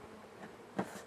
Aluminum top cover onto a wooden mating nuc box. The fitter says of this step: and it snaps into place like that.